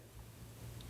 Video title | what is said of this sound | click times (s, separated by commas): Is VortexHaus Blower Worth $200? Honest Review After 3 Failed Amazon Blowers | Listen to that click. | 0.8 s